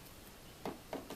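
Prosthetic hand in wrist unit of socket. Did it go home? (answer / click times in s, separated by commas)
released / 0.7 s, 0.9 s, 1.1 s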